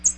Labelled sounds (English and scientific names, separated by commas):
American Redstart (Setophaga ruticilla) flight call